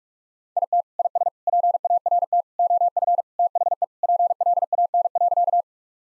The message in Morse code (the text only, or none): IT IS PART OF THE PLAN.